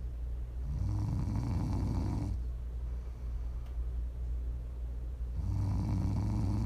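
An adult sleeper snoring: two loud, low-pitched, rattling snores about five seconds apart, with quieter breathing between them.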